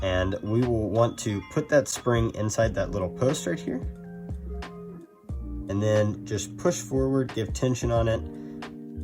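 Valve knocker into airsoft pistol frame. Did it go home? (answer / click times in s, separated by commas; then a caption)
no / none. A valve knocker is pushed forward against its spring to click it into place in a Tokyo Marui Hi Capa airsoft pistol frame while someone talks, with music playing underneath. A few faint ticks and knocks of the small metal parts are heard, but the part gets dropped and has not clicked in yet.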